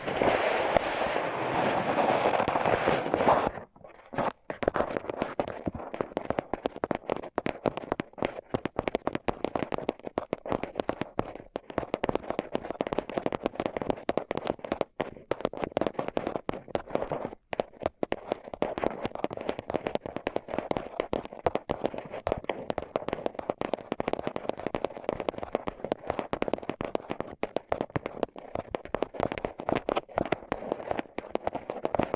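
Dense, rapid crackling and tapping fill the whole clip, like tape being scratched and rubbed over microphones. The first few seconds hold a louder, smoother rushing sound, then it breaks into constant sharp clicks and pops with brief dropouts scattered throughout.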